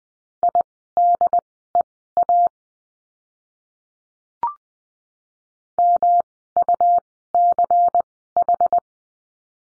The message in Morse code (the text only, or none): IDEA MUCH